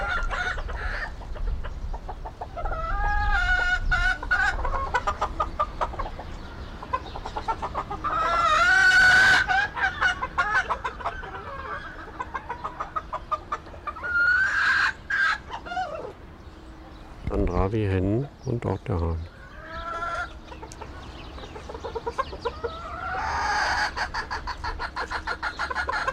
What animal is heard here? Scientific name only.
Gallus gallus